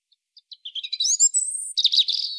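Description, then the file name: European robin song: sparse soft ticks accelerating into rising twitters, a sustained high whistle, then a fast buzzy warble. "Erithacus rubecula"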